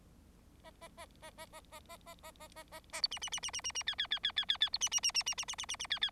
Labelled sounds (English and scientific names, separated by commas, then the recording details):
Bengalese Finch (Lonchura striata domestica) song
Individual Bird4